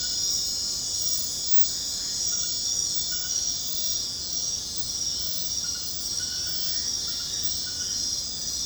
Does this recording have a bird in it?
no